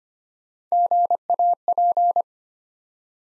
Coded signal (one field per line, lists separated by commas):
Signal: Morse code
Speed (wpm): 25 wpm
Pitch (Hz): 700 Hz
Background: none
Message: GAP